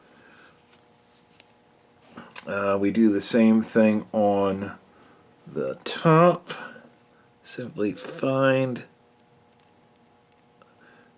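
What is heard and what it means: Someone talks while fitting the top Barton quick-change leather watch band onto the watch case, retracting its quick-release spring bar and feeling for the lug hole until the bar lines up with it. Only soft handling noises and a few faint ticks are heard. Nothing has seated or clicked yet.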